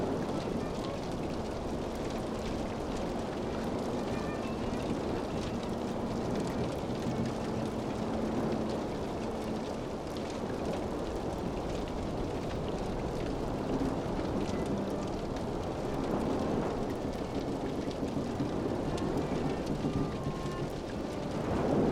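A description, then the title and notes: The ocean surges outside the ship's walls in a dense, steady roar, heavy in the low and middle range with a hissing, rain-like spray over it. Loudness barely changes, swelling slightly mid-way and near the end. Faint sustained notes surface now and then. Pirate Ship and the Terrible Sea, the Comfort of Strings. Outside the walls of the ship, the ocean surges relentlessly.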